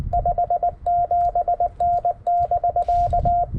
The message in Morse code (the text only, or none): 57N <BK>